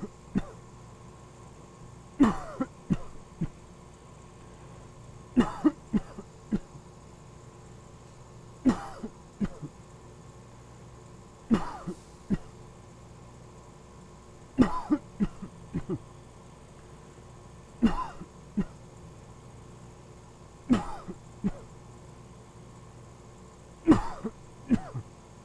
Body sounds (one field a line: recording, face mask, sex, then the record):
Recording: voluntary coughing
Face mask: surgical mask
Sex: male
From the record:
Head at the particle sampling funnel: not facing it